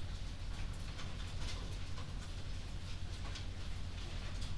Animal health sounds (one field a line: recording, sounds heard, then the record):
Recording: poultry house recording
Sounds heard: no chicken sound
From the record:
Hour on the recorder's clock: 21